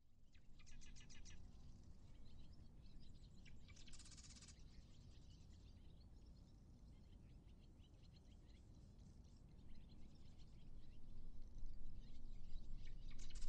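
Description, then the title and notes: Least tern calls: a few bursts of sharp, high, rapid notes over steady low rumbling noise. Interior subspecies of least tern, carrying a fish. "Interior Least Tern with Fish. Courtesy of The Macauley Library at the Cornell Lab of Ornithology, Ithaca, New York"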